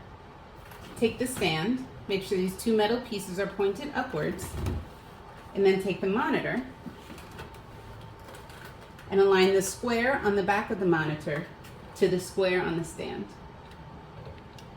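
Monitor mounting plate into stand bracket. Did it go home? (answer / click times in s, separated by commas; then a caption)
no / none. A monitor is picked up and brought to its stand, whose two metal pieces point upwards, so the square plate on the back of the monitor lines up with the square bracket on the stand before it is pressed home. Someone talks throughout, with a brief low thump around 4.7 s as the parts are handled. The monitor has not seated or clicked into the stand yet.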